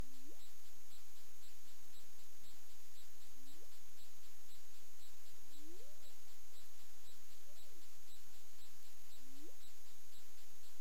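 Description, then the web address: Humpback whale calls: short low whoops sweeping sharply upward, about five spaced roughly two to three seconds apart, over steady hiss and a high pulsing background buzz. Recorded 20 February 2022 at 20:27 UTC. "CARIMAM. humpback whale"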